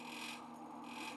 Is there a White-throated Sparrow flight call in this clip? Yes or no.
no